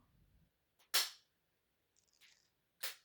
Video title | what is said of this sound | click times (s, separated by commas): Mounjaro Week 8 Results and Dr visit review. Weight was scary this week. 5/18/24 | There's the second click. | 1.0 s, 2.8 s